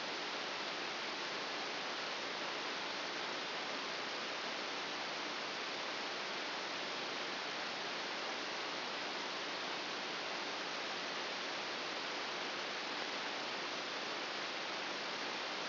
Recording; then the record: brain microelectrode recording played as sound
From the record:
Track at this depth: inside the subthalamic nucleus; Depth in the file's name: 1.605 mm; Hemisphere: right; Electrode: 2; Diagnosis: Parkinson's disease